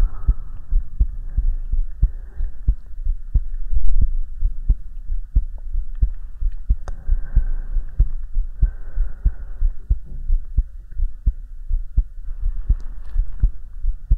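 Steady, normal heartbeat heard close against an adult chest, as if the listener's head is hugged to it, with soft breathing in the background.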